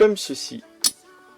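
Someone talks while a plastic part of a 1/8 scale Altaya K2000 model car is placed into the front suspension assembly as shown in the instructions, to be pressed until it clips in. A brief sharp sound comes at 0.9 s, then quiet handling. Nothing has seated or clicked yet.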